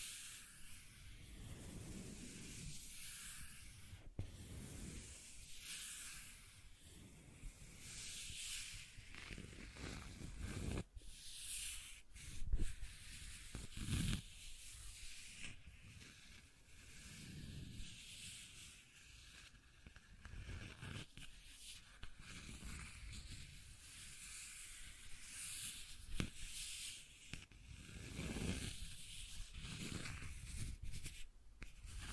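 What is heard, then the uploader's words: Dry scratching and rubbing strokes repeat irregularly throughout, with rough low scraping bursts and occasional sharp scuffs around eleven and twenty seconds. ASMR 1 Hour Scratching and Tracing Sounds (No Talking).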